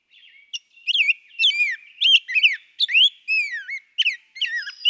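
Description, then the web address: Rose-breasted Grosbeak song, a fast string of sweet, slurred whistled notes swinging up and down, with brief gaps. "birdsongforthecurious songs Rose-breasted Grosbeak"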